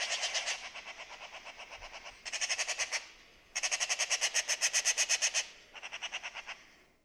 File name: Pica pica